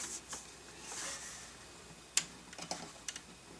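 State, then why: Seated. A SATA data cable connector is plugged into a port on an add-in SATA III controller card inside a Dell Precision T7500 workstation. After some faint rustling and handling noise, a sharp click at 2.2 s marks the connector snapping into place, followed by a few softer ticks. The connector is seated.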